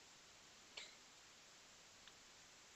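A mechanic gently works the bead of a size 318 tubeless tyre onto its wheel rim. A sharp click at 0.8 s marks the bead seating well on the rim, and a fainter tick follows at 2.1 s over steady background hiss.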